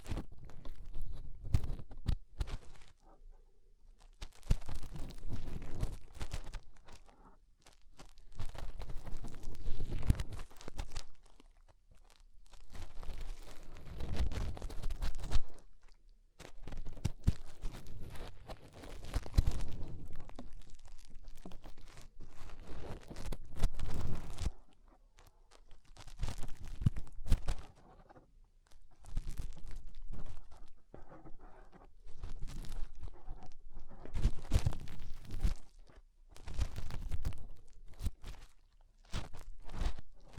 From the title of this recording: Inner Ear Cleaning Using Fingers